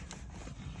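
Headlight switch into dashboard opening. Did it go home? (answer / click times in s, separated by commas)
yes / 0.1 s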